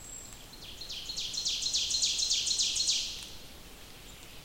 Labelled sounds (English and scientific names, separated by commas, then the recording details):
Ovenbird (Seiurus aurocapilla) song
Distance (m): 35 m
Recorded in boreal forest in Alberta, Canada, on 28 May 2016 at 06:56
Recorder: SongMeter 3, array SBT-3-49
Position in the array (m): 75 m, 253 m
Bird 14